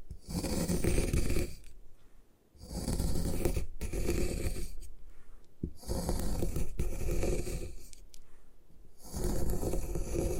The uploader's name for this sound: Satisfying Ways to Destroy Gym Chalk